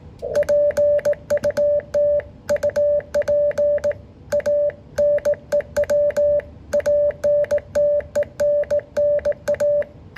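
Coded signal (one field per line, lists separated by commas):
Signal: Morse code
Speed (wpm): 18 wpm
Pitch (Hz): 580 Hz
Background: none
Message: PUT UP A NEW ANTENNA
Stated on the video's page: 15 m CW contact with Japan using phased half-square verticals, with the far station running 1 kW into a 5-element beam.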